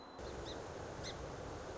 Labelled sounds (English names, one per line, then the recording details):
Song Sparrow
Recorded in Sonoma County, California